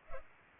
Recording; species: mosquito wingbeat signal from an infrared sensor; Culex pipiens